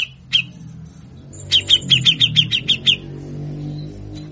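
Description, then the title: Grey-cheeked bulbul song: a harsh note, a pause, then a run of rapid, rattling notes over a low background hum. Long masteran (master) recording for training caged songbirds; harsh rattling song style called besetan kasar; bird described as gacor (singing often). "MASTERAN CUCAK JENGGOT GACOR FULL BESETAN KASAR DURASI PANJANG"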